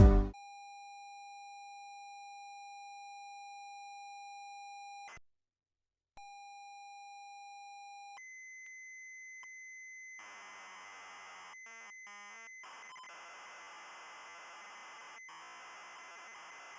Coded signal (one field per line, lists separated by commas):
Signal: ZX Spectrum tape loading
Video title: ZX Spectrum MIA Preview / Episode 4 / Variety Pack - Q.E.D. Systems (Riko Data)